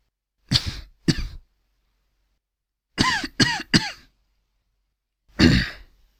Coughs And Throat Clearing.